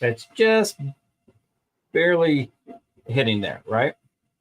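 A plastic focus-distance guide piece for the 150 lens of a GWEIKE G2 fiber laser is being handled as it is pushed toward the laser lens housing, with tabs meant to lock into slots there. Only someone talking is heard, in short bursts with pauses. Nothing has seated or clicked yet.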